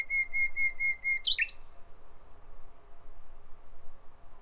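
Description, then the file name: Common nightingale singing four pure, drawn-out whistled notes on one pitch, ending with a couple of sharp, abrupt flourishes. "Nachtigall"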